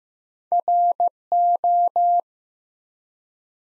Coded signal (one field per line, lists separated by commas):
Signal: Morse code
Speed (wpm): 15 wpm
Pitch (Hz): 700 Hz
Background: none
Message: RO